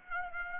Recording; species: mosquito wingbeat signal from an infrared sensor; Aedes aegypti